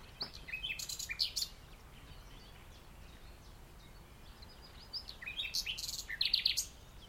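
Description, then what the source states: Common nightingale song in two bursts of harsh, scratchy rapid notes separated by a few seconds of quiet background hiss. Nightingale singing in the dunes of The Hague on the morning of 12 May 2021, during a lockdown walk.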